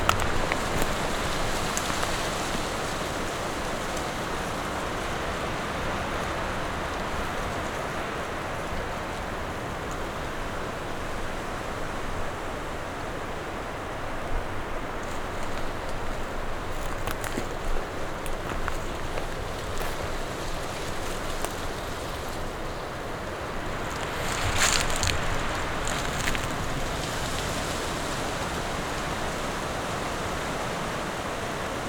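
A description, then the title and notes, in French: Wind blows steadily through the branches of fir, spruce, beech and elm, a dense rushing hiss that holds an even level throughout. Brief brighter gusts rise around 15–18 seconds and again near 25 seconds, then settle back into the same continuous roar. Au creux de la nuit, le vent, lui, a continué à jouer sa partition entre les sapins, épicéas, hêtres et ormes, en soufflant dans les branches et en riant à la barbe des bois comme des micros. Sur un tapis de mousses, entre Malaterre et Bois-Barbu.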